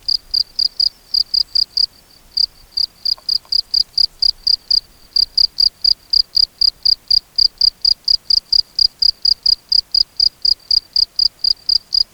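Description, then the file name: Field cricket song, a steady series of shrill chirps, around four per second, briefly interrupted twice before resuming evenly. Recorded at Sandfeld, Röttenbach, on 13 July 2013. "Gryllus campestris Sandfeld Roettenbach Schott"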